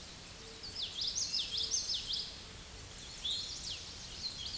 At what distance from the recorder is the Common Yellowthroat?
about 30 m